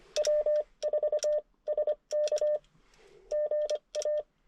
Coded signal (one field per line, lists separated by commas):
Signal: Morse code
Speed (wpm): 25 wpm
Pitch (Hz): 600 Hz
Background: none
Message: W4SK GA